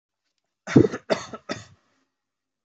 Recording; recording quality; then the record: heavy voluntary cough; excellent, no background noise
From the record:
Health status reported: healthy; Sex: male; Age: 24 years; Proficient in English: yes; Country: India